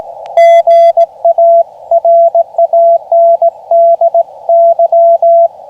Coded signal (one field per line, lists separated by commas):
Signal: Morse code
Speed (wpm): 18 wpm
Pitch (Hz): 680 Hz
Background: none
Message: GA RANDY